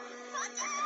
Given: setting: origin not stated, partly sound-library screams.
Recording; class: one-second piece from a danger detection set; woman in danger